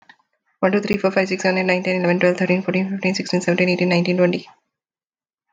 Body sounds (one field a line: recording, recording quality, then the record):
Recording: counting at a fast pace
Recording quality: excellent, no background noise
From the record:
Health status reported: healthy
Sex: female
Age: 36 years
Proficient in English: yes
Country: United States